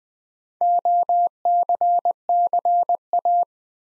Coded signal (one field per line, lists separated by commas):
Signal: Morse code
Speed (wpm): 20 wpm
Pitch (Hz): 700 Hz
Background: none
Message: OCCA